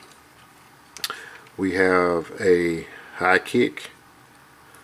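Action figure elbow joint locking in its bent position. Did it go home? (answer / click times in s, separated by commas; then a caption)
yes / 1.0 s, 1.1 s. The double-jointed elbow of a Transformers Three Zero MDLX action figure (Optimus Prime or Bumblebee) is bent all the way up until the joint locks in place. A quick run of ratchet ticks is heard at about 1.0, 1.0 and 1.1 seconds as it seats in its bent position. Afterward, someone talks.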